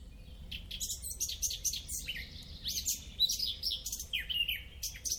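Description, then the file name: Eurasian blackcap warbling song, a continuous run of quick varied chirps, slurred whistles and sharp ticking notes, with a low steady rumble underneath. "Sylvia atricapilla"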